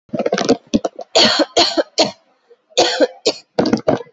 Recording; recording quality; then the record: shallow voluntary cough; excellent, no background noise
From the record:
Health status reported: COVID-19 positive, mild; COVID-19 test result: positive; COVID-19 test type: RT-PCR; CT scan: taken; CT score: 0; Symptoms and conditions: cough, cold, muscle pain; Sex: female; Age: 30 years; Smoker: no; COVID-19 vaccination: both doses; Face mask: not worn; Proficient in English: yes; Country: India